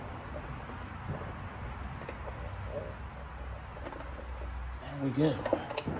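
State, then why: Not seated. A spring retaining clip on a bandsaw has its ends placed into the holes and is spread while being positioned, before it is pushed home. There is a low, steady rumble with faint handling noises, then brief louder scrapes and tonal bursts near the end while someone talks. Nothing has clicked or seated yet.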